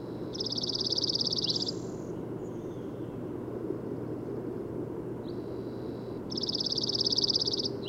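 Bird song: two rapid high trills of even pulses, about five seconds apart, with soft fainter notes between them and a constant low rumble.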